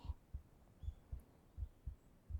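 Heart of an adult, heard as if ear against the chest: a normal, calming heartbeat, like being inside a mother's womb.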